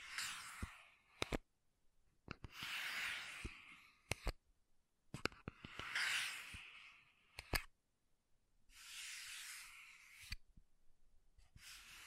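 Makeup tapping and scratching: sharp taps scattered throughout between airy, hissing scratch bursts around 0–1, 2.5–4, 5.5–7.5 and 9–10 seconds.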